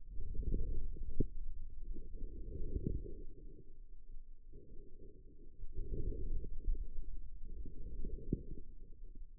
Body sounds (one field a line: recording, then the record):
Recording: forearm muscle sounds (acoustic myography)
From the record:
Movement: outward rotation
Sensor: system 2, bracelet of six BSWA MPA416 microphones around the upper forearm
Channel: 3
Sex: female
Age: 25 years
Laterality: right